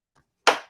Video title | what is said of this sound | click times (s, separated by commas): Sip & Stitch LIVE Beginner Machine Embroidery Tutorial: Applique Easter Bucket PE800 Magnetic Hoop | And it gave me a nice snap sound that I know it's good. | 0.5 s